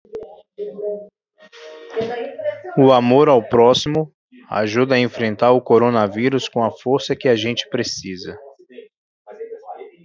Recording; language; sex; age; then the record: spoken sentence; Brazilian Portuguese; male; 40 to 49 years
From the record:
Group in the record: control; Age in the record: 41 years